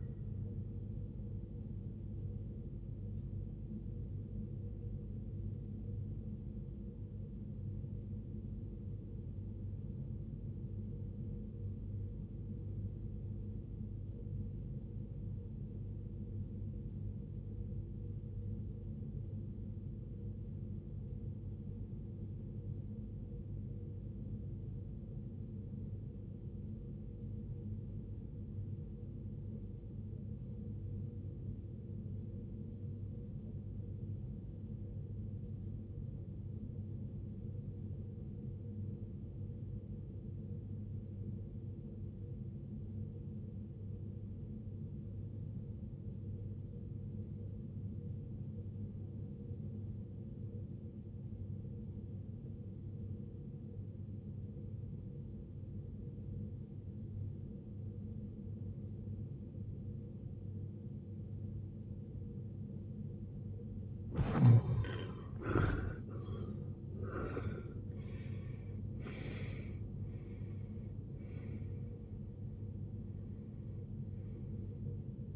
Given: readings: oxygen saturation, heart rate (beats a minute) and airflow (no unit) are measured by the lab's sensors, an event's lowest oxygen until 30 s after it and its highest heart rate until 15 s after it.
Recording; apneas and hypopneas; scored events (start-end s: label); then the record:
breathing in sleep by a smartphone at the bedside; 1
11.00-63.50 s: obstructive apnea (REM, oxygen 95% highest, then 69% lowest, heart rate 53 at the start, 93 highest)
From the record:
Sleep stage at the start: REM sleep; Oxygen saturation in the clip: 75 to 95%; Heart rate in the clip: 42 to 93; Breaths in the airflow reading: 6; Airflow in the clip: -20.2 to 17.7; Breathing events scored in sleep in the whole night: 389 in 6.3 hours asleep